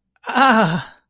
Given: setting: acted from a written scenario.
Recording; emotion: vocal sound without words; pain